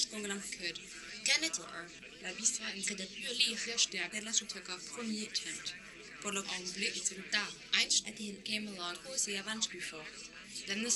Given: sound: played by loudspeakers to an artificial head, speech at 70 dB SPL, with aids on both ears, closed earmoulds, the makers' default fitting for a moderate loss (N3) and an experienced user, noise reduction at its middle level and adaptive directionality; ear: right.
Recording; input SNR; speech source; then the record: speech test signal (ISTS) in cocktail-party noise; +6 dB; in front (0 degrees)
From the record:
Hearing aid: class 1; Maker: H